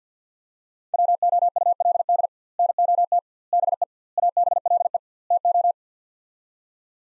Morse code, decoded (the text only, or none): WOULD NOT BE ABLE TO